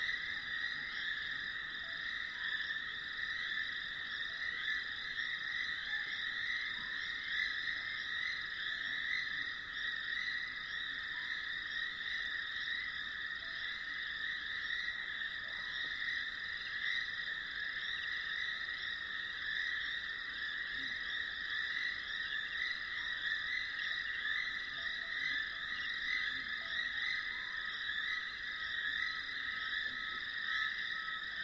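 Night ambience by a dry stretch of the Limpopo River early in the rainy season, filled with a dense, unbroken chorus of frogs and insects. The trilling stays steady and bright throughout, with faint high chirps flickering in near the end.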